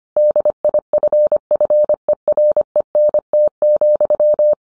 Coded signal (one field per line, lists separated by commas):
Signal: Morse code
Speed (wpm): 25 wpm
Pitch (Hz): 600 Hz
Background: none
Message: DIFFERENT,